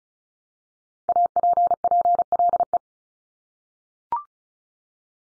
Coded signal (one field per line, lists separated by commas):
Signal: Morse code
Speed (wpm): 36 wpm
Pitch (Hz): 700 Hz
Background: none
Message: APPLE